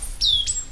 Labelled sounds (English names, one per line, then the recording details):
Stitchbird song
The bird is a male
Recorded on Tiritiri Matangi Island, New Zealand, in 2005
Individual 10, of nest box 12